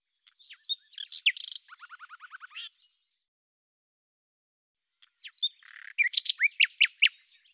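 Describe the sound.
Common nightingale song in two phrases, the first ending in a fast run of low repeated notes, the second made of sharp downslurred whistles.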